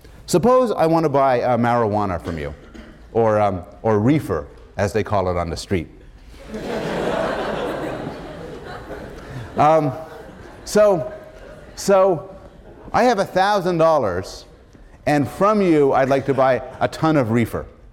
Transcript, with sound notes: Suppose I want to buy marijuana from you, or "reefer" as they call it on the street. [laughter] So, I have $1,000 and from you I'd like to buy a ton of reefer